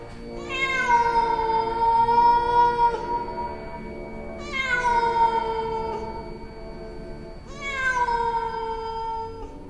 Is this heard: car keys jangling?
no